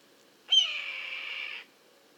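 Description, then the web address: Red-tailed hawk screaming once, a harsh, rasping cry just over a second long that bursts in loudly and trails off on a steady hoarse note. "sound red-tailed-hawk. دانلود-صدای-عقاب-دم-قرمز"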